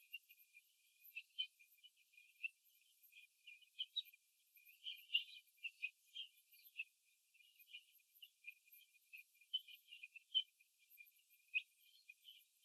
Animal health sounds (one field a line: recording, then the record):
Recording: young laying hens in a cage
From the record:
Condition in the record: before the stressor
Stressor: simulated dog barking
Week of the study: 2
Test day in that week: 3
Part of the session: 2